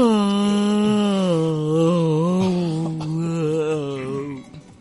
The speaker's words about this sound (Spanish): Sí, podemos hacer bostezar a los oyentes. Sí. Viste que es contagioso el bostezo. Bueno, hagamos un bostezo general.